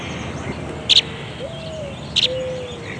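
Tree swallow calls, two brief high chirps just over a second apart against steady background noise.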